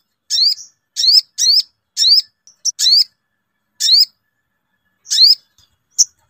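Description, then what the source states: Brown-throated sunbird song: crisp, rising high chirps repeated at uneven intervals against a silent background. Masteran (song-training) recording, Labaik variant.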